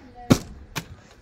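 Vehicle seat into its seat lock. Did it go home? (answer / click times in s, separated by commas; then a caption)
yes / 0.8 s. A scooter seat is lowered and pressed down onto its seat lock with one hand, giving a loud broadband thud at about 0.3 s. A single sharp click at 0.8 s marks the latch catching, and the seat is locked in place.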